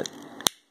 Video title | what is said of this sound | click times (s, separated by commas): Transformers Combiner Wars Vortex Review | I know it made a click, but it doesn't actually secure in place. It's just kind of there. | 0.5 s